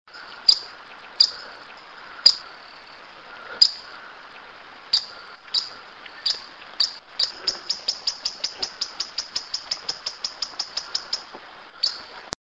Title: LuckyPassaro Completos2Sama. Yellow-lored Tody-Flycatcher (Todirostrum poliocephalum)